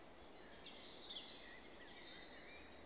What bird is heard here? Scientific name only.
Turdus merula